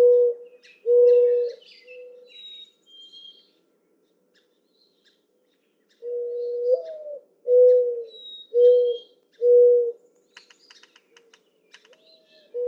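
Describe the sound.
Mourning dove song of soft low coos, a full sequence with an upslurred note then three even coos, another starting at the end; faint high bird whistles and chips behind.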